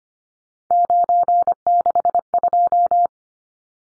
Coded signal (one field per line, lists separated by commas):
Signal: Morse code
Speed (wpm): 25 wpm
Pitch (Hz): 700 Hz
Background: none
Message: 962